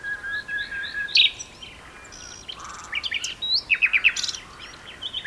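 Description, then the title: Common nightingale song: soft repeated whistles, a sharp loud burst, a pause, then a run of rising chirps and clear whistled notes. Two nightingales singing in a duet on Westleton Heath. "sanderson. nightingale duet on westleton heath"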